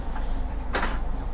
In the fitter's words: sampai ada bunyi klik seperti ini.